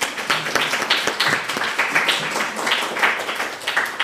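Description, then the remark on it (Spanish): A class in an Esperanto lesson claps in steady applause for about four seconds, a dense patter of sharp overlapping hand claps holding an even loudness throughout, with no voices over it. “Tre bone, aplaudo, buen pueblo.”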